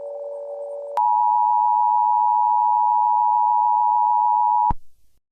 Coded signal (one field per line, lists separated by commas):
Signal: Emergency Alert System (SAME) tones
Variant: 853 and 960 Hz attention tone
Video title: Eas scenario ￼- The Killer (full version)